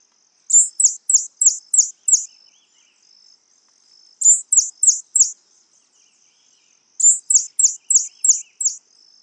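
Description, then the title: White-chinned sapphire calls: three rapid series of four to six high, sharp descending chips, each burst spaced a couple of seconds apart, with a faint thin continuous tone behind. Subspecies griseiventris. "LuckyPassaro Completos2Sama. White-chinned Sapphire (Hylocharis cyanus griseiventris)"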